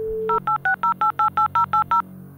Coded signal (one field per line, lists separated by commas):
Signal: DTMF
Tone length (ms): 110 ms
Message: 0860888080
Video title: 56k Modem Composition